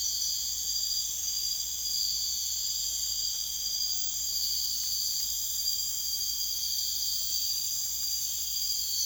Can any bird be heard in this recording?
no